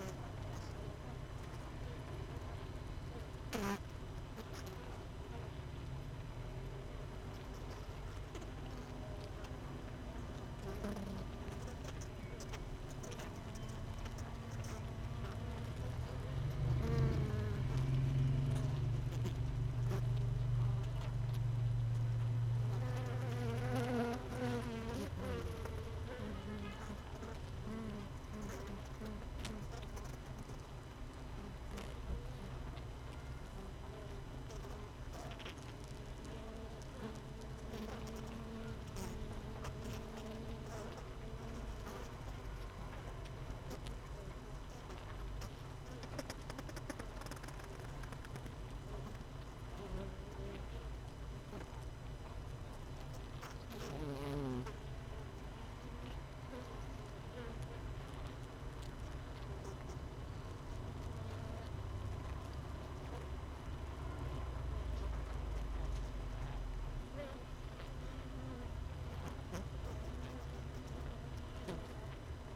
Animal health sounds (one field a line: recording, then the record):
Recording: honeybee colony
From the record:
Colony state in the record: missing queen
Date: 31 May 2018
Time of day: 16:32